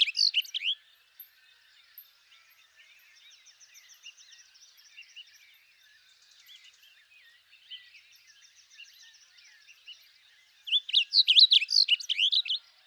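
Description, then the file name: Blue grosbeak warbling phrases, one cut off at the start and another near the end, with faint chirping between. "Blue Grosbeak Passerina caerulea"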